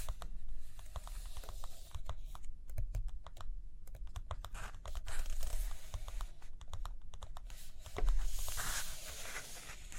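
Quick, irregular tapping fills the clip, with sharp clicks coming in clusters and short pauses, the busiest stretches near the start and around 6–7 seconds. Brief bright rustling swells appear near 5 and 8–9 seconds, like a page being turned, over a low steady rumble.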